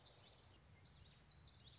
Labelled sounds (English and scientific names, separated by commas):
Common Yellowthroat (Geothlypis trichas)